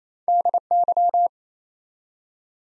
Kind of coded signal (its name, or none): Morse code